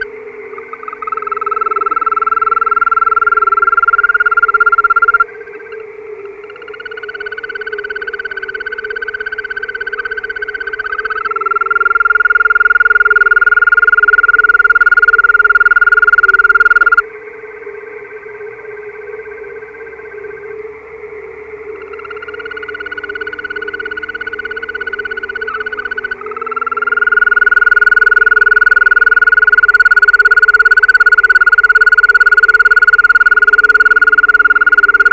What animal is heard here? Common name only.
Green Toad